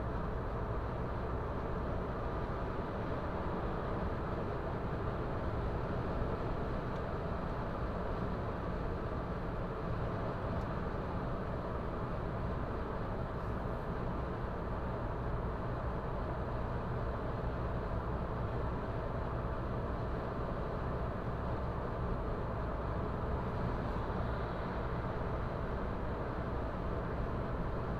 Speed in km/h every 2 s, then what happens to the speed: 110, 117, 121, 119, 114, 112, 110, 110, 110, 110, 110, 110, 110, 110.
0-4 speeds up to 121. 4-12 slows to 110. 12-28 steady at about 110.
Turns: none.